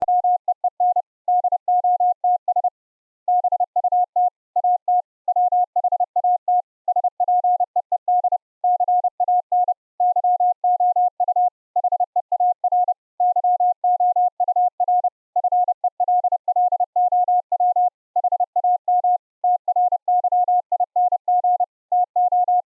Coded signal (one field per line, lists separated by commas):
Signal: Morse code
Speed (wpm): 32 wpm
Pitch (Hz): 720 Hz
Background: none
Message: WEEN DOTS BUT AT WHAT SPEED CAN YOU HEAR YOUR FELLOW HAM TRYING TO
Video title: VLF CW AM Transceiver project for MUMBLE iCW - prototype 2 - The Transmitter section